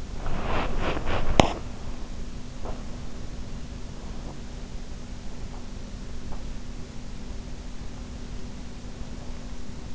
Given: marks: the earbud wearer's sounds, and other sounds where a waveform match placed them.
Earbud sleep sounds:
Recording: sounds in sleep by an in-ear microphone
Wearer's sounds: body movement, teeth grinding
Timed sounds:
0.00-1.78 s: body movement
1.25-1.51 s: teeth grinding

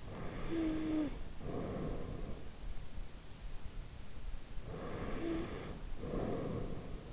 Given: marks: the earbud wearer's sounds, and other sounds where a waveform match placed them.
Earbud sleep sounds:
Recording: sounds in sleep by an in-ear microphone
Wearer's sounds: snoring breath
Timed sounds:
0.05-2.43 s: snoring breath
4.57-7.13 s: snoring breath

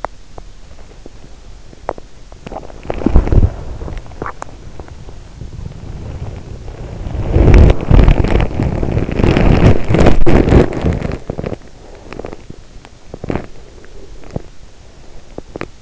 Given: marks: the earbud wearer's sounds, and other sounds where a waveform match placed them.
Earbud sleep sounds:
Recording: sounds in sleep by an in-ear microphone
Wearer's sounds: teeth grinding, body movement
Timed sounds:
0.00-2.14 s: teeth grinding
2.14-15.81 s: body movement

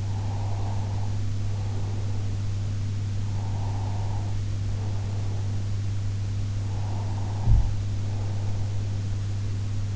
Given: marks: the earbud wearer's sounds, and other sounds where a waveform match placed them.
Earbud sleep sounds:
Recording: sounds in sleep by an in-ear microphone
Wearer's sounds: breath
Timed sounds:
0.00-2.43 s: breath
3.28-5.80 s: breath
6.74-9.11 s: breath

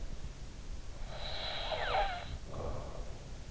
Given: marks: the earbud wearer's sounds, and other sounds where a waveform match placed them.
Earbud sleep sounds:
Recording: sounds in sleep by an in-ear microphone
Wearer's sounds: snoring breath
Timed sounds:
1.05-3.33 s: snoring breath

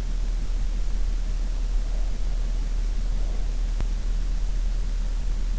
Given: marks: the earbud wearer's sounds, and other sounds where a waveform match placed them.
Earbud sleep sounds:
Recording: sounds in sleep by an in-ear microphone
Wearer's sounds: breath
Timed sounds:
1.85-3.83 s: breath

